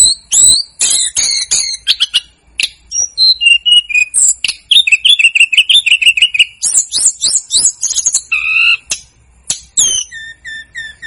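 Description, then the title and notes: Snowy-browed flycatcher singing varied high twitters and ticks, a run of fast notes, then short falling whistles. Masteran recording made for training cage birds; local Indonesian names tledekan gunung and sikatan gunung. "Masteran Tledekan Gunung Sikatan Gunung. BURUNG TLEDEKAN"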